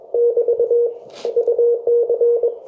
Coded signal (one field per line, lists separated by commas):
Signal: Morse code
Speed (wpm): 21 wpm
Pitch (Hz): 470 Hz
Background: none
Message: <BT> UC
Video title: QSO QRP K1 5W PS7HD X PP6CC